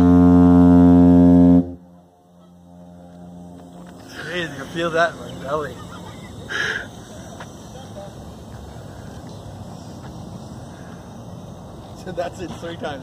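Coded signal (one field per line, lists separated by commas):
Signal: ship horn signal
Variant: diaphone foghorn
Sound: one deep, loud, buzzing foghorn blast ending in a falling grunt, then voices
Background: people talking, outdoor ambience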